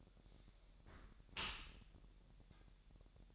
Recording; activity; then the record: daily activity, microphone in the room; close dishwasher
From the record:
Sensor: 3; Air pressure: 1000.6 hPa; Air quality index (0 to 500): 248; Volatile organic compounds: 174 ppm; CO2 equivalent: 4119 ppm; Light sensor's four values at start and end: 11/26/10/10 and 11/26/10/10